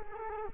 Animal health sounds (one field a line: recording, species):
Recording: mosquito wingbeat signal from an infrared sensor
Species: Culex quinquefasciatus